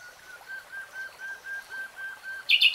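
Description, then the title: Nightingale song with a slow series of soft, low whistled notes, evenly repeated, ending in a sudden harsh burst. Nightingale singing, recorded in real time. "[Tiếng chim hót] 3 Hours REALTIME Nightingale Singing"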